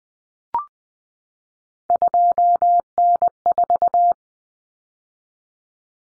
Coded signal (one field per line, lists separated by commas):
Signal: Morse code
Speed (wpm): 20 wpm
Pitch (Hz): 700 Hz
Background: none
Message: 2N4